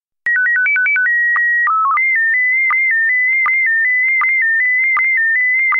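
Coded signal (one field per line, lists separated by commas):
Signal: SSTV (slow-scan television)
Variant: PD 180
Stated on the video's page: SSTV image transmission.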